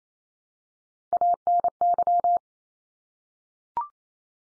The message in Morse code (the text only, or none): ANY